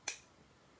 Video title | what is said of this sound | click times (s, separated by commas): Real Steel Luna Boost: Review and GIVEAWAY!!! | and then you're going to lock the blade | 0.1 s